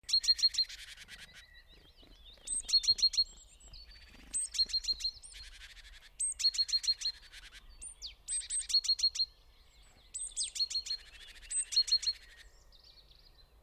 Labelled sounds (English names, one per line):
Great Tit call